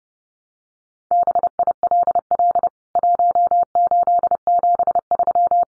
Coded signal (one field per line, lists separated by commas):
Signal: Morse code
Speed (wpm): 30 wpm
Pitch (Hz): 700 Hz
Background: none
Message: BILL 1873